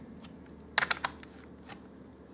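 A desktop RAM stick is pressed firmly down into a motherboard DIMM slot until the retention clips snap shut. A sharp click sounds at 0.8 s, followed closely by two more snaps at about 0.9 s and 1.1 s and a few faint ticks. The memory module is seated.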